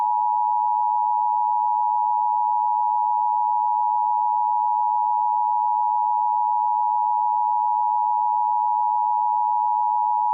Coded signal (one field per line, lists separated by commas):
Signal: Emergency Alert System (SAME) tones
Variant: 853 and 960 Hz attention tone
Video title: EAS Classic: A Fat Guy Makes an Announcement at the EAS HQ (Revised Messages, Original Fart Sounds)